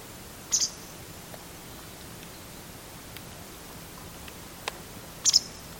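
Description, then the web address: Bird call: a high, sharp double chirp near the start and another chirp about five seconds later, with a faint tick between them over steady hiss. "Deverinetal 2025 File origin Bird Only"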